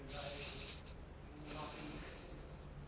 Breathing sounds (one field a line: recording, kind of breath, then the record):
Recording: one breath in and out by a microphone near the nose and mouth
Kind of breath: deep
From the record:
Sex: male